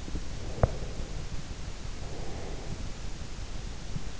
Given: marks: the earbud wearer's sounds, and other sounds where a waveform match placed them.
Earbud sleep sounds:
sounds in sleep by an in-ear microphone; teeth grinding, breath
0.00-1.06 s: teeth grinding
0.56-3.00 s: breath

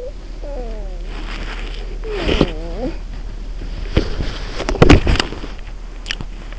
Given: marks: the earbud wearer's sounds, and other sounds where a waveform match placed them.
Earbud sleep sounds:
sounds in sleep by an in-ear microphone; talking in sleep, body movement, swallowing
0.00-1.14 s: talking in sleep
1.14-2.58 s: body movement
1.98-2.96 s: talking in sleep
3.68-5.35 s: body movement
5.96-6.47 s: swallowing

